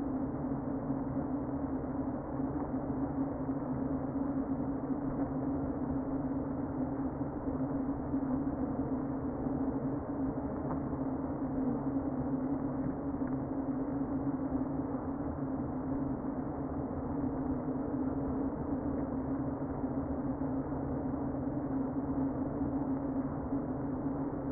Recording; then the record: honeybee colony, microphone inside the hive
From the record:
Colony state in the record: queen present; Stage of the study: before two queens were removed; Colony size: about 60,000 bees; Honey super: yes